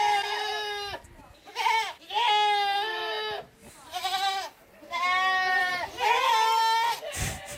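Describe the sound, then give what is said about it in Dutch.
Goats bleat repeatedly on the island of Sint Eustatius in loud, wavering calls, several overlapping cries in quick succession with short pauses between, their pitch rising and falling with a nasal, quavering tone. “Duizenden geiten lopen rond op Sint Eustatius.”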